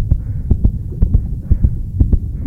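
Rapid heartbeat of an adult bus driver after being yelled at, insulted and threatened.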